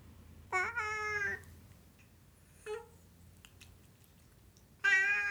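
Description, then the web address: Siamese cat meows, a long nasal wail, a short softer mew, then another strong yowl starting at the end, with faint background hum. "BBC Sound Effects Library BBC 44-Cats 62 Siamese Cat Meowing"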